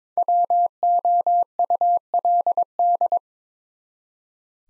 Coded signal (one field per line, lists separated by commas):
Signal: Morse code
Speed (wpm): 26 wpm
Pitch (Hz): 700 Hz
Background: none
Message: WOULD